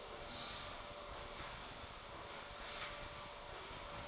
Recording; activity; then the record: daily activity, microphone in the room; vacuum cleaning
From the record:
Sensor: 5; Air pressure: 1012.0 hPa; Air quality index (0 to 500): 247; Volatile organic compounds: 5 ppm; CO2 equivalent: 1706 ppm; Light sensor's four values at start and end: 36/83/34/35 and 36/83/34/35